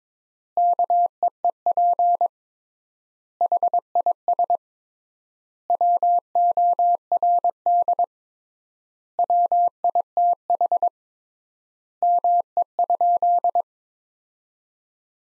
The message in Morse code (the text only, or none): KEEP HIS WORD WITH ME?